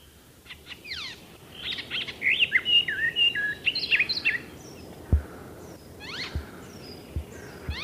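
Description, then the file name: Icterine warbler song, a jumble of rapid chattering and warbled phrases, followed by a few sweeping notes and scattered low knocks. "zelen peresm"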